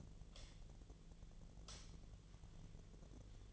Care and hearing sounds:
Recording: daily activity, microphone in the room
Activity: light on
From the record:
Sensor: 4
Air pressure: 1010.6 hPa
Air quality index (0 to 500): 173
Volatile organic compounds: 5 ppm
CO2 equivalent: 1760 ppm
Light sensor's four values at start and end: 36/105/42/42 and 37/107/42/43

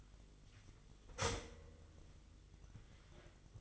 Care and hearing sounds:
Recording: daily activity, microphone in the room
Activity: start toaster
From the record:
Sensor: 4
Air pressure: 1002.9 hPa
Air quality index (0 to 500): 237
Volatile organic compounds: 17 ppm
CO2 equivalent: 2569 ppm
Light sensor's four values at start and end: 21/74/27/27 and 21/72/27/27

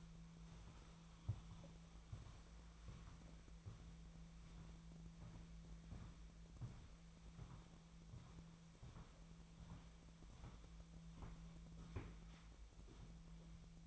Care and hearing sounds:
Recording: daily activity, microphone in the room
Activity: walk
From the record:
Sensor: 1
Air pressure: 1008.4 hPa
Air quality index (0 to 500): 190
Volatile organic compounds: 17 ppm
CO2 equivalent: 2572 ppm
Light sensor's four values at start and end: 19/49/20/23 and 19/48/20/23

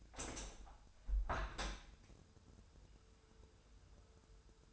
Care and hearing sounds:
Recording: daily activity, microphone in the room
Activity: open window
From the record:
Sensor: 2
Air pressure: 1014.8 hPa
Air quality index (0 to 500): 29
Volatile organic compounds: 1 ppm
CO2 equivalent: 526 ppm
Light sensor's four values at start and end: 8/19/8/8 and 9/20/8/8

